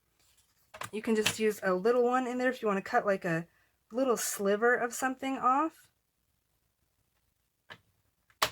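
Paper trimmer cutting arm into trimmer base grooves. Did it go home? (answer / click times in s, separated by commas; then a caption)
yes / 8.4 s. Someone talks, then after a pause the cutting arm of a paper trimmer is brought down so the grooves at its end fit the matching grooves on the base. It clicks down into place with one sharp, loud hit at 8.4 seconds, seating the arm.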